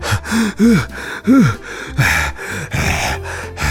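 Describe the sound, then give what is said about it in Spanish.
A voice imitates a wolf blowing as hard as it can at the three little pigs' brick house, with a rapid series of forceful, breathy puffs and strained, rising-falling grunts, loud throughout and about six or seven bursts in quick succession. “El lobo estaba realmente enfadado y decidido a comerse a los tres cerditos, así que sin siquiera advertirles, comenzó a soplar tan fuerte como pudo. Sopló y sopló hasta quedarse sin fuerzas.”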